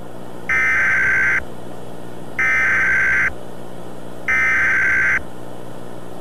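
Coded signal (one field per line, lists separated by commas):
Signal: Emergency Alert System (SAME) tones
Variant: header bursts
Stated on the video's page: Fictional analog-horror teaser for a scenario, made with text-to-speech and effects; not a real alert.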